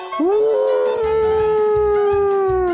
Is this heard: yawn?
no